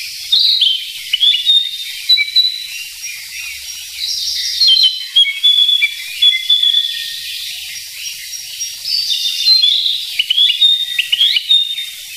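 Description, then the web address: Narcissus flycatcher song: high whistled phrases with upward and downward slurs and clipped chirps, delivered in irregular bursts with short quieter gaps. "sikioto. kibitaki"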